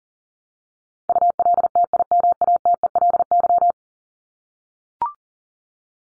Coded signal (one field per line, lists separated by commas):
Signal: Morse code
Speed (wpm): 40 wpm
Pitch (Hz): 700 Hz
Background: none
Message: ULTIMATELY